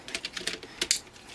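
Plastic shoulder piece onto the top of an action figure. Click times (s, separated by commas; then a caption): 0.9 s. A second plastic shoulder piece from a Transformers FanProjects Shadow Commander upgrade kit is pressed onto the top of an action figure. A quick run of small plastic clicks and taps leads to the loudest, sharpest snap at 0.9 s. The shoulder piece seats firmly in place.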